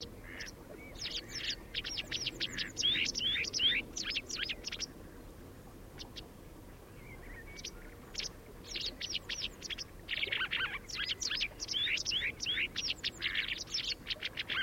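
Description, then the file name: White wagtail calls: sharp, high chipping notes in quick irregular bursts, with brief pauses between runs. "Ballerina Bianca"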